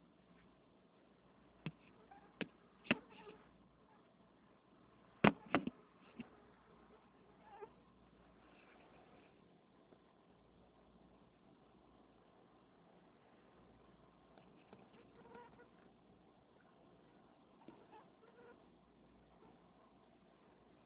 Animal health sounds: mosquito flight sound by mobile phone; Anopheles freeborni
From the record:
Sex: female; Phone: Nokia 6555B

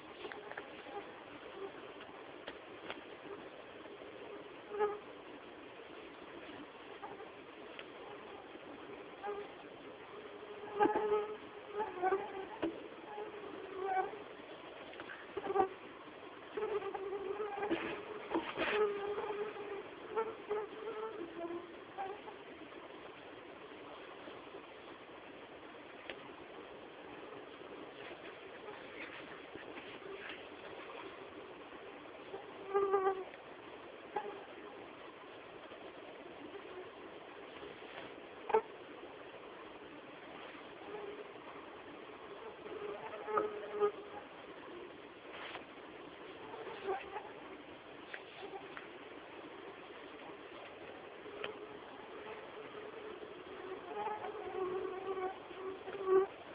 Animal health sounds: mosquito flight sound by mobile phone; Anopheles freeborni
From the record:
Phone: Samsung T209

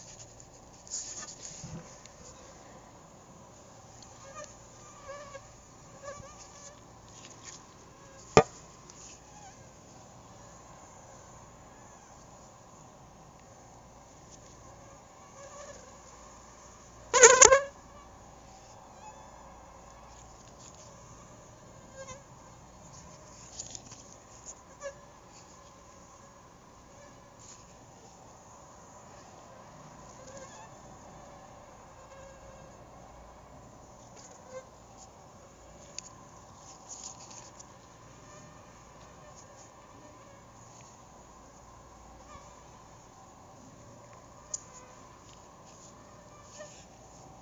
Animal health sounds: mosquito flight sound by mobile phone; Anopheles gambiae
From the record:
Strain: RSP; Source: CDC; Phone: Google Nexus

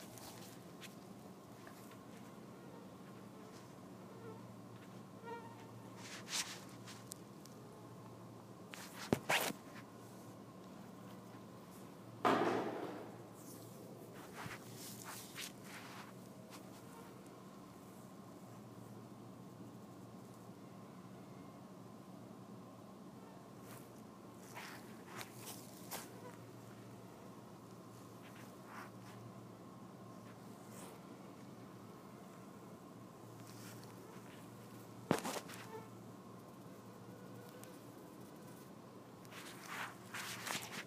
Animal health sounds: mosquito flight sound by mobile phone; Anopheles albimanus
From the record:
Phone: iPhone 4S

